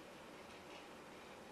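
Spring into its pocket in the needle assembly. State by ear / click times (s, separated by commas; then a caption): not seated / none. A screwdriver pushes a spring over toward its pocket in a needle assembly during reassembly. Only steady, even broadband noise is heard, with no distinct click or snap. Nothing has seated or clicked yet.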